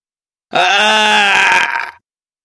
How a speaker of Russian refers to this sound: Крик быстро захлебнулся и затих.